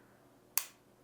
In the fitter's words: you know, it doesn't lock in, it just comes off. See that?